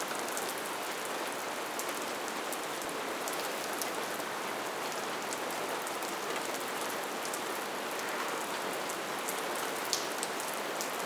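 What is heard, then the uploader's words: Steady rain falls throughout, a dense, even hiss spread from the middle up into the bright highs. Countless drops patter on a hard surface, with a few sharper individual hits, one standing out near ten seconds. The level never rises or fades. Somber Rainy Day.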